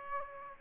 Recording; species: mosquito wingbeat signal from an infrared sensor; Aedes aegypti